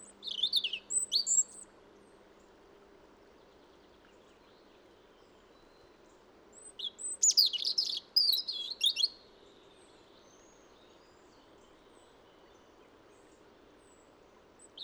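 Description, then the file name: European robin giving high, sweet, jumbled twittering phrases, one at the start and a longer one about six seconds later, with steady low rumble behind. "Erithacus rubecula"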